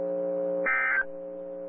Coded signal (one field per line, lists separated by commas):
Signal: Emergency Alert System (SAME) tones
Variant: end-of-message bursts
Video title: EAS Timeline: Historic EF-4 Wedge Tornado Strikes Winterset, Iowa NOAA Weather Radio